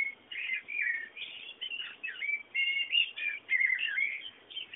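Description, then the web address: Birds chirping and twittering in a continuous mix of short warbled and whistled notes, with brief pauses between bursts over a faint hiss. Background bird sounds. "bullas Bullasdata sounds fondo pajaros"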